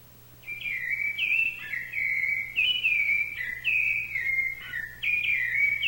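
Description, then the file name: Thrush delivering a string of mellow whistled notes, short slurs stepping up and down in quick succession, faint low hum beneath. "SABIA"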